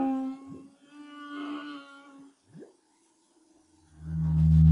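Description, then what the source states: Humpback whale song with a sustained humming tone, a couple of short upsweeps, then a loud deep moan building at the close. Song recorded in 2011 as part of the BRAHSS project.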